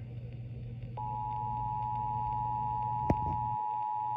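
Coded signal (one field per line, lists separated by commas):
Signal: Emergency Alert System (SAME) tones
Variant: 853 and 960 Hz attention tone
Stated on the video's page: Flash flood warning aired on an FM radio station.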